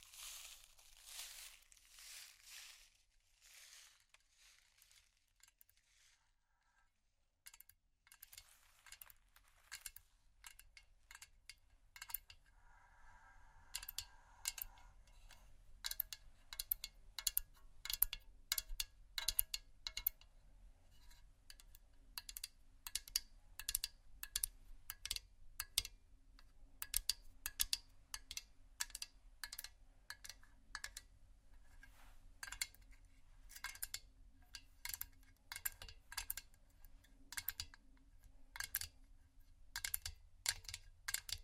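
Dry hands scratch and tap on vinyl and metal, starting quietly with soft scraping and then building into crisp, bright crinkles and taps after about ten seconds. The dry sounds come irregularly but more densely toward the end, over a faint low hum.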